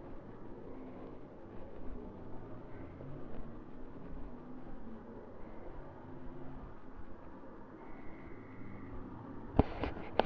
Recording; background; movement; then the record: deep breathing; traffic; walking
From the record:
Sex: female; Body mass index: 22.6 kg/m2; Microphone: on the chest, facing the body